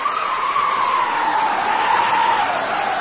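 Strong wind blows steadily for the whole stretch, a loud rushing hiss with a howling whistle that slowly sinks in pitch. No voices are heard.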